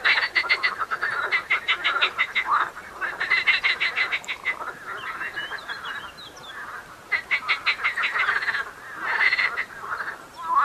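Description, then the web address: Marsh frogs calling in a chorus, bursts of rapid rattling croak series, several frogs overlapping with pauses. Frogs calling in the Tävsmoor. "seefrosch. rufen jetzt die froesche im taevsmoor"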